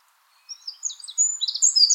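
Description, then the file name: Eurasian wren song opening with thin, high scattered notes that build into a louder, fast trill at the end. "Troglodytes troglodytes"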